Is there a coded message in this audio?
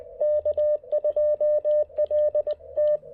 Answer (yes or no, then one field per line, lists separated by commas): yes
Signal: Morse code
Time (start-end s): 0.2-3.0 s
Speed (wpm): 20 wpm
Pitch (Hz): 560 Hz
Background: radio noise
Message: K2LT